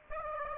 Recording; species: mosquito wingbeat signal from an infrared sensor; Aedes aegypti